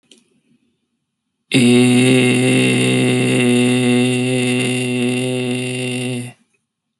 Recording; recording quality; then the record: sustained vowel as in made; excellent, no background noise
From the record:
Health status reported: healthy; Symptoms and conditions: none ticked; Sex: male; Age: 25 years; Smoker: not ticked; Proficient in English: yes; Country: India